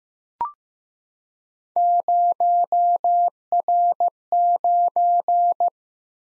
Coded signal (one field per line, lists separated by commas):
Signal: Morse code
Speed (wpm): 15 wpm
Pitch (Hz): 700 Hz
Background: none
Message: 0R9